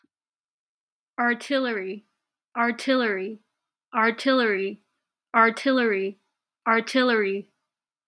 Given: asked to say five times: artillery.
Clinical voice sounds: repeated word; female; 20 to 29 years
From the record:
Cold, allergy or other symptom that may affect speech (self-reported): no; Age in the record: 29 years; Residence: Washington, United States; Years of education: 15

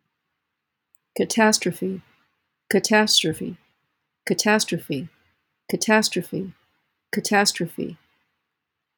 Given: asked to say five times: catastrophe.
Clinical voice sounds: repeated word; female; 60 to 69 years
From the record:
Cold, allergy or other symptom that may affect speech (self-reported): no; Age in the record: 61 years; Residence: Maryland, United States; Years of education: 19

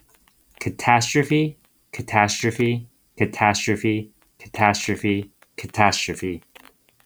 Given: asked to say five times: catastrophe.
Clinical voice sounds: repeated word; male; 30 to 39 years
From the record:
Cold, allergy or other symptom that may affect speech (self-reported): no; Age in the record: 31 years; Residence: New York, United States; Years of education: 20

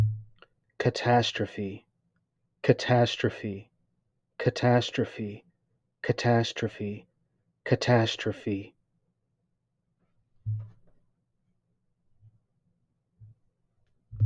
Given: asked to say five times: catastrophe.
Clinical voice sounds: repeated word; male; 30 to 39 years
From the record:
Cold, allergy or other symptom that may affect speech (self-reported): no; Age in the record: 38 years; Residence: Georgia, United States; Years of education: 17

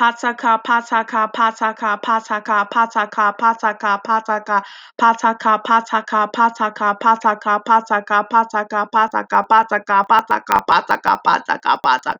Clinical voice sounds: repeated syllables /pa ta ka/; female; 20 to 29 years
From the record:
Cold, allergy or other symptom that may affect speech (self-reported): no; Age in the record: 22 years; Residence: Michigan, United States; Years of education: 12

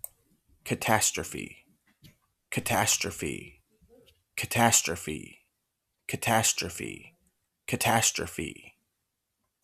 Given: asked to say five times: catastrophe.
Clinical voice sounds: repeated word; male; 30 to 39 years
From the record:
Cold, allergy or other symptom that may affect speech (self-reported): no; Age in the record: 36 years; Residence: United States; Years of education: 14

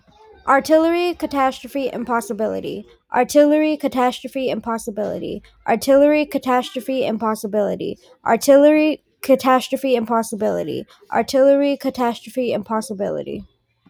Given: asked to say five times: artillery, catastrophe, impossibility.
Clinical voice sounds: three words, each repeated; female; 20 to 29 years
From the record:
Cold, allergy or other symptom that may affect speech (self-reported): no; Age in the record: 26 years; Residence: Texas, United States

